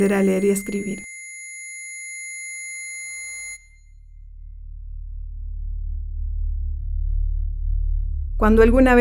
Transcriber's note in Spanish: Sonido de vibración grave